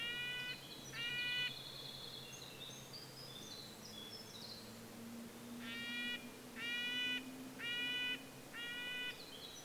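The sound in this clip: Red-breasted nuthatch giving nasal, tinny yank notes, two at the start then a run of four, with a few thin high notes in between.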